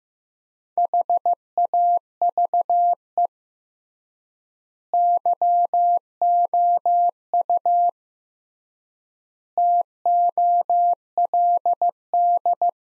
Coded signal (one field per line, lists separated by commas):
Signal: Morse code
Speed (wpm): 15 wpm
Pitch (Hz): 700 Hz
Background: none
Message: HAVE YOU TOLD